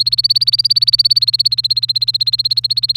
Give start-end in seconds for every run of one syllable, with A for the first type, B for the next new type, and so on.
0.00-2.97 A